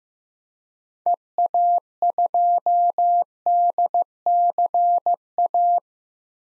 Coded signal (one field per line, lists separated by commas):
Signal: Morse code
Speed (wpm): 15 wpm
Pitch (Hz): 700 Hz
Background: none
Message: EA2DCA